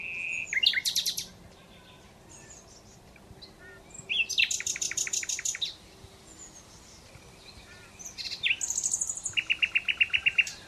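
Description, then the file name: Common Nightingale sings three phrases: rich chattering notes, a rapid pulsed rattle, and a closing trill of evenly repeated notes, with short pauses. "Luscinia megarhynchos"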